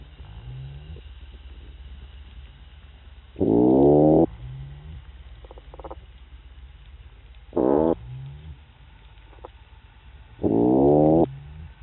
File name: Amorim C-2008 Halobatrachus-didactylus Boatwhistle